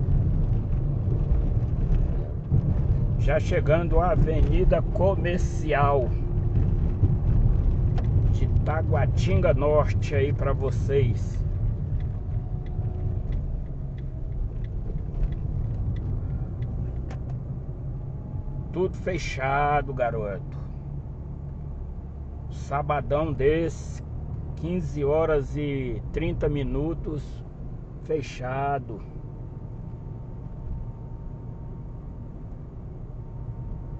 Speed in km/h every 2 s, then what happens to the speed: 42, 39, 39, 39, 37, 31, 30, 35, 40, 41, 42, 44, 45, 44, 44, 44, 44.
0-7 steady at about 39. 7-12 slows to 30. 12-23 speeds up to 45. 23-34 steady at about 44.